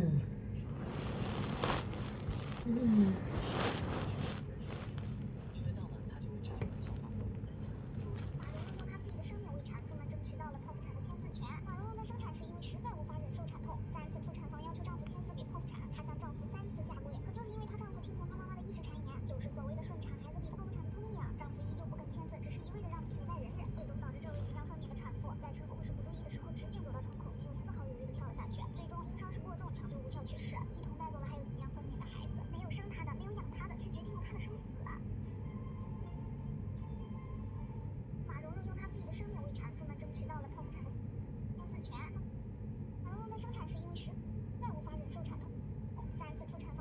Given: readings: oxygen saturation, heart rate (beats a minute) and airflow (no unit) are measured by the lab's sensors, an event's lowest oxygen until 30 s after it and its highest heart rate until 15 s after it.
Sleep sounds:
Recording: a person awake in a sleep study, by a smartphone at the bedside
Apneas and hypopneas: none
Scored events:
0.00-46.81 s: awake
0.00-46.81 s: awake
From the record:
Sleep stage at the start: awake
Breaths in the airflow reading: 14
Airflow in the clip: -0.6 to 0.6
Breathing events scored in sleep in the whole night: 496 in 5.4 hours asleep

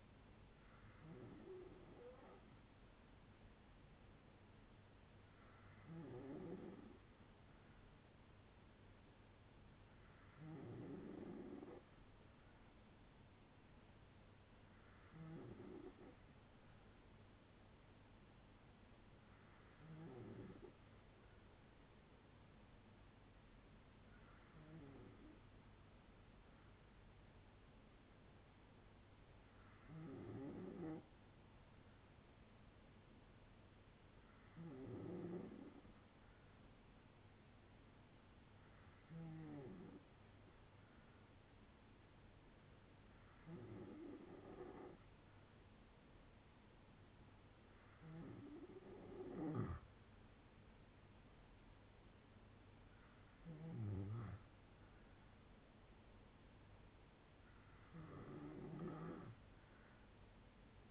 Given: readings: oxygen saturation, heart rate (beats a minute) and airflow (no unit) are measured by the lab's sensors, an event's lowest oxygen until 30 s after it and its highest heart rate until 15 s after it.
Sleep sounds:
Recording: breathing in sleep by a voice recorder at the bedside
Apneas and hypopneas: none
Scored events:
48.00-60.90 s: new sleep stage, N3 (deep sleep)
From the record:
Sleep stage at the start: N2 (light sleep)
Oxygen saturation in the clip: 93 to 95%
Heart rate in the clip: 58 to 72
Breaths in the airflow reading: 13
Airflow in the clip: -5.4 to 6.1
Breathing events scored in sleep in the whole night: 182 in 7.4 hours asleep

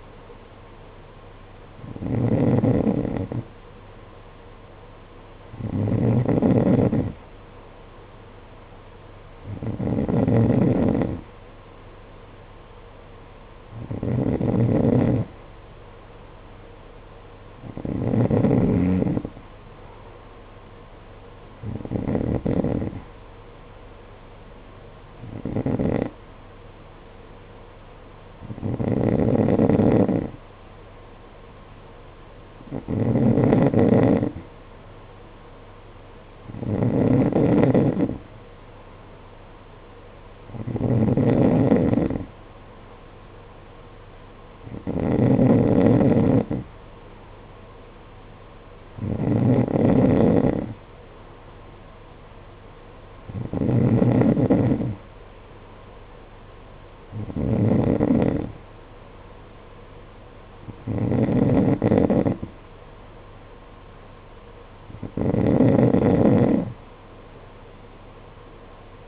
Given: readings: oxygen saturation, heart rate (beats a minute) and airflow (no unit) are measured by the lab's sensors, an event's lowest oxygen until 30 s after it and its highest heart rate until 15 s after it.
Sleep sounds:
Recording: breathing in sleep by a voice recorder at the bedside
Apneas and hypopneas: none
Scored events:
20.00-69.08 s: new sleep stage, N3 (deep sleep)
From the record:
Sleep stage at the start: N2 (light sleep)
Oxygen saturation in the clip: 91 to 93%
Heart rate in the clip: 49 to 55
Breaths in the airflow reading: 17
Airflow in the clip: -8.1 to 8.7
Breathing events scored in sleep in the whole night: 476 in 9.7 hours asleep

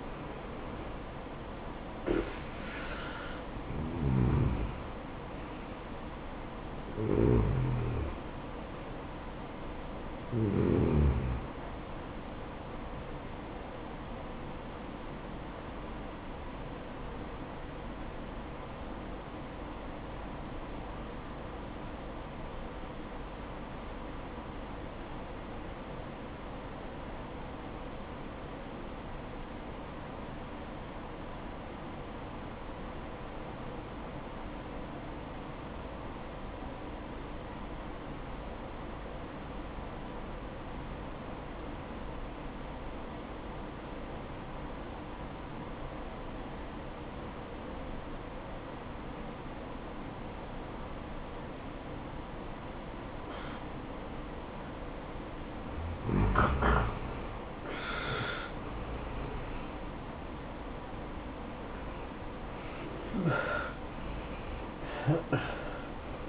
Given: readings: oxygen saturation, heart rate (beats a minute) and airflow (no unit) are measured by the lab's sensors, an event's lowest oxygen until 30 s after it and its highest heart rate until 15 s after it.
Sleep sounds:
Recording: breathing in sleep by a voice recorder at the bedside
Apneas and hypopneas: 1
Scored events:
12.00-66.29 s: new sleep stage, N2 (light sleep)
17.00-56.70 s: obstructive apnea (N2, oxygen 97% highest, then 85% lowest, heart rate 63 at the start, 73 highest)
From the record:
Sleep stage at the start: N1 (lightest sleep)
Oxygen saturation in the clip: 85 to 97%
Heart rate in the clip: 60 to 77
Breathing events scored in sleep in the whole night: 573 in 9.8 hours asleep

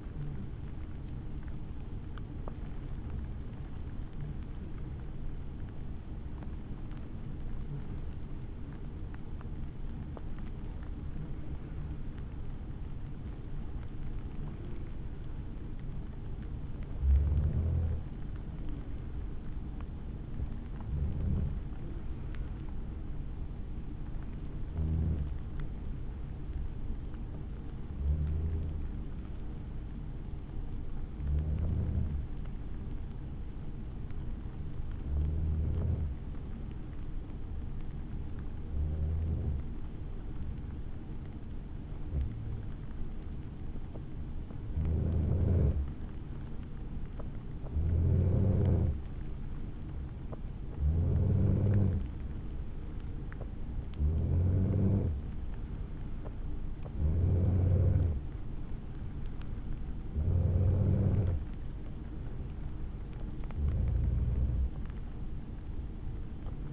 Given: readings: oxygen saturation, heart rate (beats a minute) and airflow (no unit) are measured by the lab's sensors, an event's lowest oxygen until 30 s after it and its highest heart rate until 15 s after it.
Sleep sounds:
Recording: breathing in sleep by a smartphone at the bedside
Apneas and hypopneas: 1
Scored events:
26.00-62.60 s: hypopnea (N2, oxygen 95% highest, then 94% lowest, heart rate 56 at the start, 79 highest)
From the record:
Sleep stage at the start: N2 (light sleep)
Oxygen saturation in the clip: 94 to 96%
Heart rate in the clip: 52 to 62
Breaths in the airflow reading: 19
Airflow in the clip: -5.5 to 5.6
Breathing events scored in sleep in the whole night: 216 in 7.0 hours asleep

